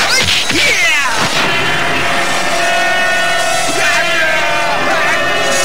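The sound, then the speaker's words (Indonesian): A flurry of repeated blows and golok (machete) slashes in an audio-drama fight, sharp swishing sweeps and thudding impacts as a body is cut into pieces, over a dense, loud, continuous wash of noise. “Pukulan Ki Sampar Angin yang susul menyusul ditambah dengan kibasan-kibasan golok dari bajul segara membuat tubuh Resi Amista putus menjadi beberapa bagian.”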